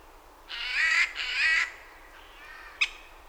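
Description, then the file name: Eurasian jay uttering a pair of hoarse, grating screeches back to back, followed by a brief sharp tick. "Garrulus glandarius"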